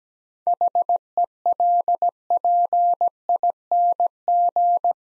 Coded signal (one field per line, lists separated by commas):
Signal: Morse code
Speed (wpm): 17 wpm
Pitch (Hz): 700 Hz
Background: none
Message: HELPING